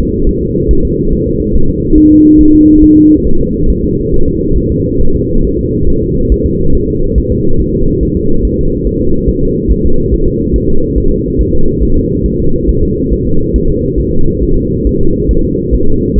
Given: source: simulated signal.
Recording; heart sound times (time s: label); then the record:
fetal heart sounds
0.01 s: S2
0.29 s: S1
0.43 s: S2
0.71 s: S1
0.85 s: S2
1.13 s: S1
1.27 s: S2
1.56 s: S1
1.69 s: S2
1.98 s: S1
2.12 s: S2
2.41 s: S1
2.55 s: S2
2.84 s: S1
2.98 s: S2
3.27 s: S1
3.41 s: S2
3.70 s: S1
3.84 s: S2
4.14 s: S1
4.28 s: S2
4.58 s: S1
4.72 s: S2
5.01 s: S1
5.15 s: S2
5.45 s: S1
5.59 s: S2
5.89 s: S1
6.03 s: S2
6.32 s: S1
6.46 s: S2
6.75 s: S1
6.89 s: S2
7.18 s: S1
7.32 s: S2
7.60 s: S1
7.74 s: S2
8.03 s: S1
8.17 s: S2
8.45 s: S1
8.59 s: S2
8.87 s: S1
9.01 s: S2
9.29 s: S1
9.43 s: S2
9.72 s: S1
9.85 s: S2
10.14 s: S1
10.28 s: S2
10.56 s: S1
10.70 s: S2
10.98 s: S1
11.12 s: S2
11.41 s: S1
11.55 s: S2
11.83 s: S1
11.97 s: S2
12.26 s: S1
12.40 s: S2
12.69 s: S1
12.83 s: S2
13.13 s: S1
13.27 s: S2
13.56 s: S1
13.70 s: S2
14.00 s: S1
14.14 s: S2
14.43 s: S1
14.57 s: S2
14.87 s: S1
15.01 s: S2
15.31 s: S1
15.45 s: S2
15.75 s: S1
15.88 s: S2
16.18 s: S1
From the record:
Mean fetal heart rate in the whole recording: 140 bpm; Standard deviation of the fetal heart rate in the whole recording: 2 bpm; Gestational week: 34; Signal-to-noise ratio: -19.1 dB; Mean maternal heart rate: 72 bpm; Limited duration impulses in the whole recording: present